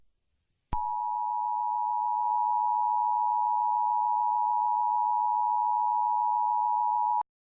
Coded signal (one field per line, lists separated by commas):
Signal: Emergency Alert System (SAME) tones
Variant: 853 and 960 Hz attention tone